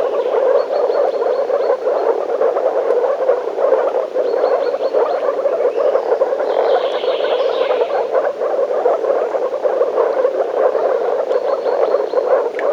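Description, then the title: Frog chorus of steady overlapping croaks, joined by short repeated high chirps at intervals. Frogs in a forest. "лягушки frogs in the forest"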